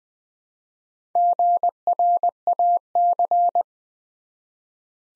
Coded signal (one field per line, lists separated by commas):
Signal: Morse code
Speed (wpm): 20 wpm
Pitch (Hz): 700 Hz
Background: none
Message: GRAC